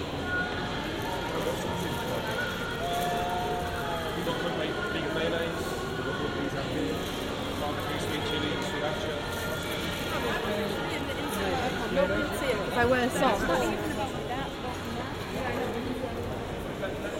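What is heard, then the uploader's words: Swansea Market bustles with a steady, dense murmur of many overlapping voices, no single speaker standing out for long. The level holds even throughout, with a few brighter clinks and a louder burst of chatter around twelve to fourteen seconds. Swansea Market. Recorded using the Sennheiser AMBEO Smart Headset.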